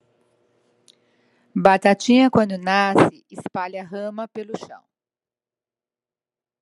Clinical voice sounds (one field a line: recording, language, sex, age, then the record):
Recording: short text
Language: Brazilian Portuguese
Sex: female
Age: 50 to 59 years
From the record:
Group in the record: control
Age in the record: 58 years